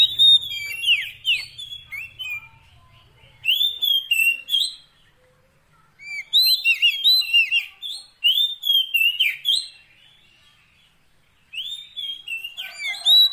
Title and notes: Kacer Jadi Gacor Siang Malam. Isian Kacer